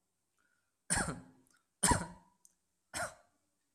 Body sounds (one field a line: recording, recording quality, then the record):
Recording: shallow voluntary cough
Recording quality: excellent, no background noise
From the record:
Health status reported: healthy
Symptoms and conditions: none ticked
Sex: male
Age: 21 years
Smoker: not ticked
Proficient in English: yes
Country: India